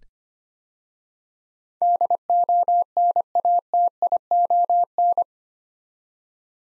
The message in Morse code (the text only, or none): DONATION